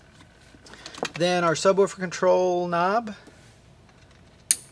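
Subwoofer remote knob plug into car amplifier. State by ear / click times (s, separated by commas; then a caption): seated / 4.5 s. A subwoofer remote control knob lead is plugged into a car amplifier during a plug-and-play amplifier install in a 2014+ Toyota Tundra (non-JBL). Someone talks from about 1.1 to 3.1 seconds, a few faint handling taps come before it, and the connector seats with a sharp, loud click at 4.5 seconds.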